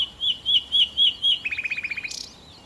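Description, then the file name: Common nightingale song: five loud, drawn-out piping whistles followed by a fast stuttering run of short notes and a brief harsh burst at the end. "Nachtigall"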